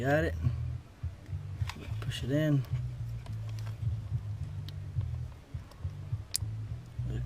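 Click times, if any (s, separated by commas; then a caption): 6.4 s. A part of a repaired connector on a 2008 Toyota Highlander, a terminal or lock, is pushed by hand into its plastic housing while someone talks over a steady low hum. A sharp, bright click at 6.4 s marks it seating fully in the housing.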